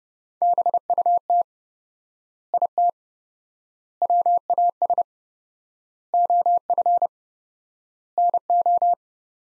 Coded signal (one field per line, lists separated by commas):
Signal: Morse code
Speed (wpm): 30 wpm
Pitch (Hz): 700 Hz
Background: none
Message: BUT IT WAS OF NO